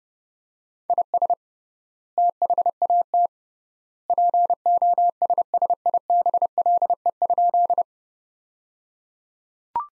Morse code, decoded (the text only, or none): IS THAT POSSIBLE?